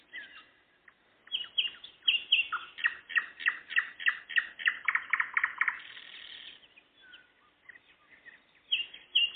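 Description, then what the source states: Nightingale delivering a steady stream of quick repeated notes in changing series, with loud sharp phrases near the end. Singing in the evening, 11 May 2014.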